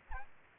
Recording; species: mosquito wingbeat signal from an infrared sensor; Aedes aegypti